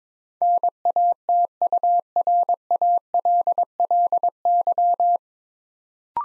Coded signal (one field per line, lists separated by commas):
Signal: Morse code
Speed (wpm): 22 wpm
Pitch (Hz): 700 Hz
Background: none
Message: NATURALLY